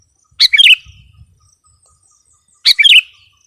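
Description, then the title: Sooty-headed bulbul uttering two brief bubbly phrases about two seconds apart, otherwise quiet. "kutilang"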